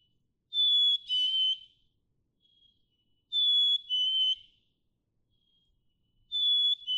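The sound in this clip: Black-capped chickadee whistling its fee-bee song three times, a higher first note and a lower second, roughly every three seconds in quiet surroundings.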